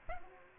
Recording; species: mosquito wingbeat signal from an infrared sensor; Aedes aegypti